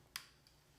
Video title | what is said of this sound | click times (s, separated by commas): Fifine USB Microphone Test for PC - Unboxing and Audio Testing | You Hear The Click there and then this part right here goes | 0.2 s